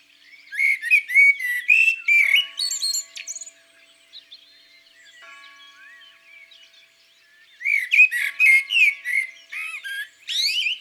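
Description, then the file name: Common blackbird singing fluty, mellow warbled phrases that end in high squeaky twitters, two bursts separated by a quiet pause with faint steady tones. In the countryside. "Merle noir Chants doiseaux dans la campagne"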